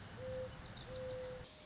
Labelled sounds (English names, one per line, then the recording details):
Mourning Dove
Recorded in Sonoma County, California